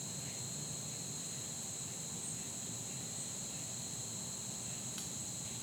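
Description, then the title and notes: Insects hold an even, shrill two-tone drone; a single sharp tap near the end cuts briefly through the hum. Fall day that felt like late summer; insects droning like the heat, joined by falling acorns bombarding the neighborhood. "Soundcast: Insects and Acorns. Recorded on a fall day that felt more like late summer, down to the insects droning like the heat. As a seasonal touch they were joined on percussion by the falling acorns. Blue Ion"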